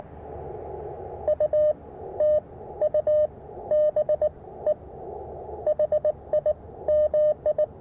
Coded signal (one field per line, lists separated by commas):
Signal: Morse code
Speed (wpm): 21 wpm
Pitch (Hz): 600 Hz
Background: none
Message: U T U B E HI MI